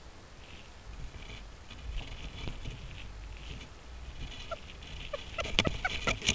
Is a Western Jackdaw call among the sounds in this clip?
yes